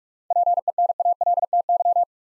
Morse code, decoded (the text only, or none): PENALTY